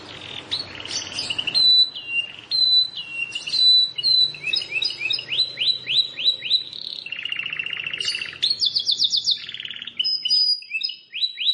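Plain prinia singing busy bright chirps, a series of fast rising notes, then a lower buzzy trill and high squeaky rattles near the end.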